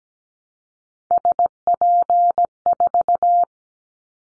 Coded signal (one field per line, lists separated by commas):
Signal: Morse code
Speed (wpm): 17 wpm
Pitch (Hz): 700 Hz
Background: none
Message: SP4